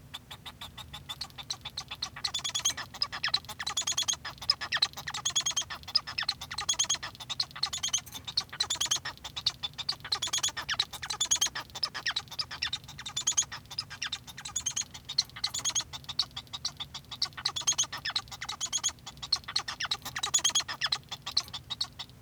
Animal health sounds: song of a male Bengalese finch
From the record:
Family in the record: son of father 1

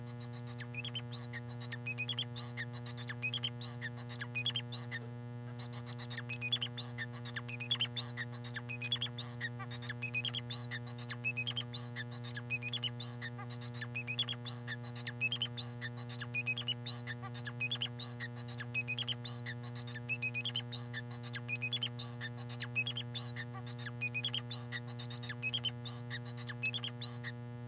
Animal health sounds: song of a male Bengalese finch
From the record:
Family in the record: son of father 4

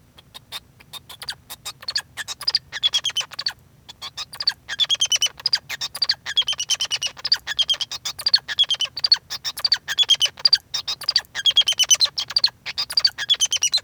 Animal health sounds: song of a male Bengalese finch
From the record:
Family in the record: son of father 2

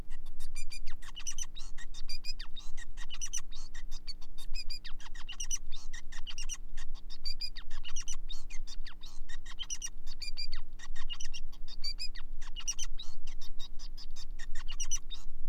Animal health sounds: song of a male Bengalese finch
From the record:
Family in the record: son of father 5

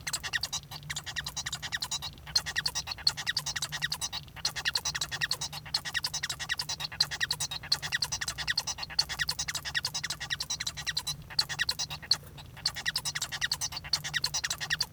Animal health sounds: song of a male Bengalese finch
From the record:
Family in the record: son of father 1

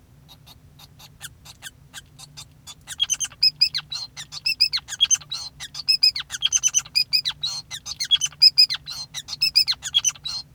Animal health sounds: song of a male Bengalese finch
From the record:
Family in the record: son of father 5

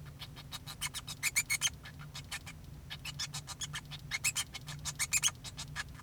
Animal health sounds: song of a male Bengalese finch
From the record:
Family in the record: son of father 2

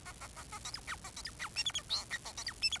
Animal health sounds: song of a male Bengalese finch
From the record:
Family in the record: son of father 4

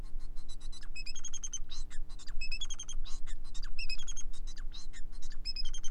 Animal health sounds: song of a male Bengalese finch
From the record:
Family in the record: son of father 4

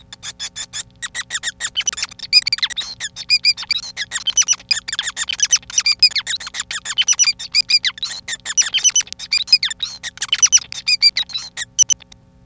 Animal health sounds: song of a male Bengalese finch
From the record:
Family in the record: son of father 5

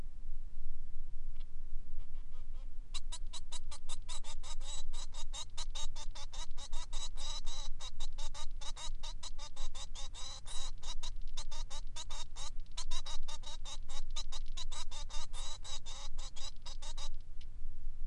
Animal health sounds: song of a male Bengalese finch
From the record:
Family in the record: son of father 3

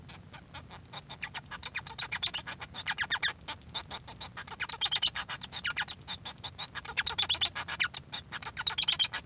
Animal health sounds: song of a male Bengalese finch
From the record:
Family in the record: son of father 1

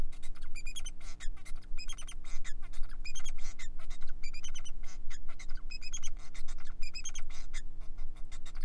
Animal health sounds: song of a male Bengalese finch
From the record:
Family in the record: son of father 4

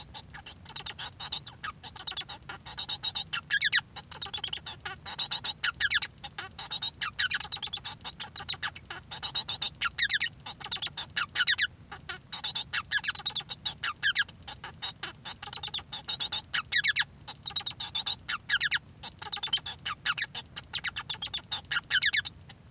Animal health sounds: song of a male Bengalese finch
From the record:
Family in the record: son of father 1

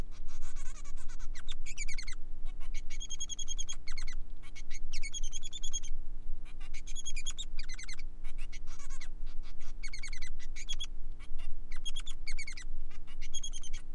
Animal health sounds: song of a male Bengalese finch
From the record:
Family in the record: son of father 3

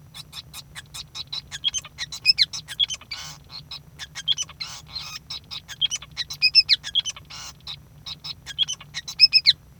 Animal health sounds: song of a male Bengalese finch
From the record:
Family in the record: son of father 5

